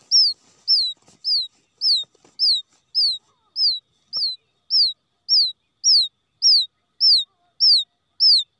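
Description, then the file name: Quail chick calling with piercing falling peeps, evenly repeated nearly twice a second. Quail chick calling for its mother after becoming lost from the flock. "tieng cut non keu goi me lac dan chuan"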